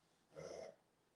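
A single short, rough throaty snort from a female dog, like throat clearing or the start of a gag, as though she might be about to throw up or is just scratching her throat.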